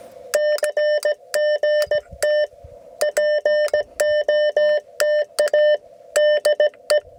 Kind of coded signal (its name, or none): Morse code